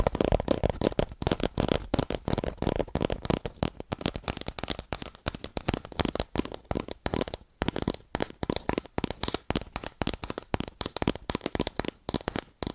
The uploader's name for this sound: ASMR Fast Aggressive Cardboard Tapping